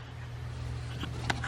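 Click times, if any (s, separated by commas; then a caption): none. The plastic air filter box cover on a GM 3.5L engine, as on an Impala, is being handled over the engine air box after a new air filter goes in; one piece must slide under the other before the spring clips can snap shut. A steady low hum runs throughout, with faint handling noises and brief sharp ticks at about 1.3 and 1.4 seconds. Nothing has seated or clicked shut yet.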